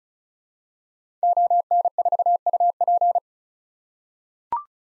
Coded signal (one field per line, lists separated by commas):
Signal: Morse code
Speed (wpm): 36 wpm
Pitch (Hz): 700 Hz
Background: none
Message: ON4UP